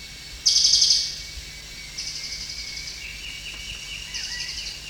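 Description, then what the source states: Crested jay giving a loud, high, rapidly pulsed rattle lasting under a second, followed by softer similar rattles about every two seconds, with faint whistles of other birds beneath. Recorded at Danum on 1 January 2008.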